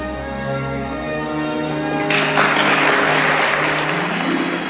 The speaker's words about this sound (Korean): 양파 때문에 눈물까지 흘리며 수상 소감을 끝낸 게일에게 참석자들은 기립 박수를 보냅니다.